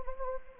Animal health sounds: mosquito wingbeat signal from an infrared sensor; Anopheles arabiensis

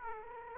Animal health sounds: mosquito wingbeat signal from an infrared sensor; Aedes aegypti

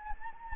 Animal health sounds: mosquito wingbeat signal from an infrared sensor; Anopheles gambiae

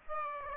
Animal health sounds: mosquito wingbeat signal from an infrared sensor; Aedes aegypti

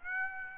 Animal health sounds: mosquito wingbeat signal from an infrared sensor; Aedes aegypti

